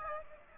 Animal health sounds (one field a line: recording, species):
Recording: mosquito wingbeat signal from an infrared sensor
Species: Aedes aegypti